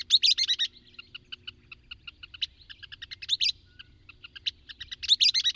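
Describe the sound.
Bird singing high, rapid chirps in a loose series, loud trilled bursts at the start, middle and end, separated by softer scattered notes.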